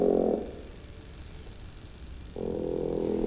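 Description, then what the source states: Cave planthopper vibrational courtship song, amplified: a low droning buzz at the start, then two seconds of soft hiss before a longer buzzing burst. Female's substrate-borne vibrational courtship signal along ironwood tree roots in Hawaiian lava caves; made audible by special recording and thousandfold amplification, played back; can continue half an hour.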